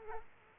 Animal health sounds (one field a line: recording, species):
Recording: mosquito wingbeat signal from an infrared sensor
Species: Culex quinquefasciatus